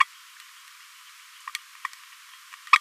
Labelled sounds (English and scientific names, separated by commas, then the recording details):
Green-rumped Parrotlet (Forpus passerinus) babbling
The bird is a male
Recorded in a nest box in Venezuela
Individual 17B42A3